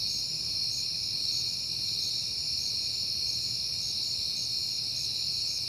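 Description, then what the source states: Crickets chirping in a bright, even high drone, with pulsed chirps repeating at a steady pace. Crickets recorded at night in September, on a peaceful night.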